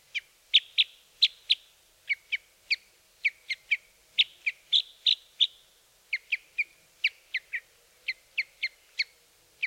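Red crossbill calls: bright, clipped kip notes in quick, irregular bursts, several per second at times, with a few slightly louder, fuller notes mixed in.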